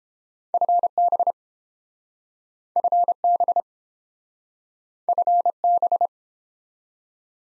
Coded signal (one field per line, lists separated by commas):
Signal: Morse code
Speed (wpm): 30 wpm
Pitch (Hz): 700 Hz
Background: none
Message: FB FB FB